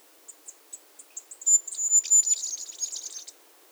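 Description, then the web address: Masked flowerpiercer song: spaced high chips quicken into a rapid, thin, jumbled twittering warble lasting about two seconds. Recorded at Iguaque, Villa de Leyva and surroundings, Colombia. "sonidos de las aves iguaque villa de leyva y sus alrededores 35 Diglosa De Antifaz, Diglossa cyanea"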